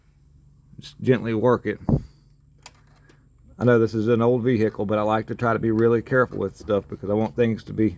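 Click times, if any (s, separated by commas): 2.7 s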